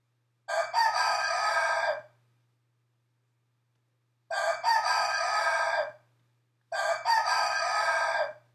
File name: niwatori